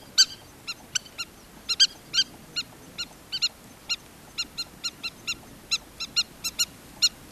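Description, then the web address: Southern lapwing giving loud, strident kek notes in irregular clusters, some doubled quickly, others spaced apart, with faint background hiss. "earth naturelibrary assets s so southern lapwing"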